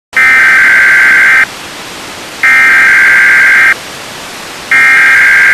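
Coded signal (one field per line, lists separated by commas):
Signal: Emergency Alert System (SAME) tones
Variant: header bursts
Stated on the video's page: Fictional Emergency Broadcast System recreation.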